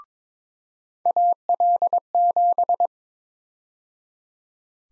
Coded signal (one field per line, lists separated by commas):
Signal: Morse code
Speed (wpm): 23 wpm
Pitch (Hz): 700 Hz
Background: none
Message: AL7